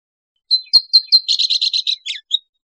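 Abert's towhee call: a few sharp high chips followed by a fast buzzy rattle of about six notes, ending with two short squeaky notes; clean background.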